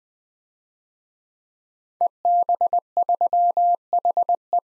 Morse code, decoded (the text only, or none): EB3HE